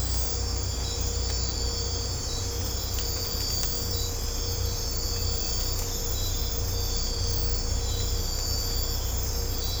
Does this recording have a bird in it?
no